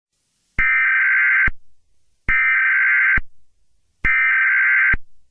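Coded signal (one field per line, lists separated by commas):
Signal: Emergency Alert System (SAME) tones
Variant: header bursts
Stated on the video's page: Valid EAS tones in a fictional horror-themed emergency alert project.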